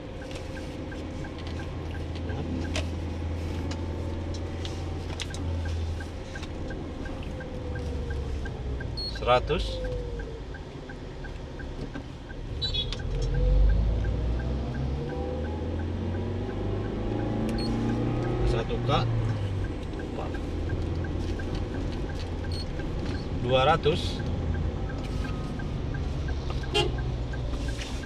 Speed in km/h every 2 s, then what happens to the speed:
23, 24, 25, 26, 27, 28, 30, 30, 30, 31, 32, 35, 34, 32.
0-28 speeds up to 32.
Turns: none.